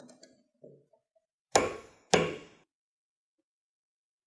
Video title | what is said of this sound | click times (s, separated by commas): Most Wanted 5 Torque Wrenches in The Market | when the desired torque setting is reached you will hear a click | 1.5 s, 2.1 s